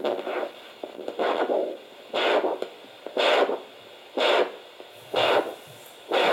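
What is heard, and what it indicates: Rhythmic whooshing pulses at about 62 a minute, an elderly woman's heartbeat heard through a small, noisy pocket Doppler during a doctor's home visit.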